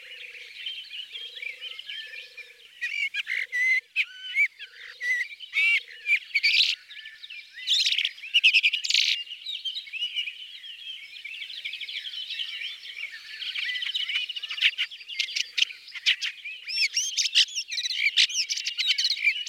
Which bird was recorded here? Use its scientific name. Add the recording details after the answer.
Lanius collurio. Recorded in the wild. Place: Merdingen bis Ihringen / Kaiserstuhl, Baden-Württemberg, DE. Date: 1979-05-26. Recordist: Schwarz, Dieter